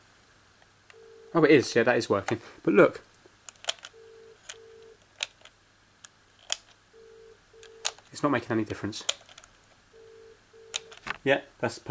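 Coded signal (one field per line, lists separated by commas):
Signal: telephone call progress tone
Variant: UK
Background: speech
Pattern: ringback tone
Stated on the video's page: Faulty 1980s Swatch Twin landline phone being repaired.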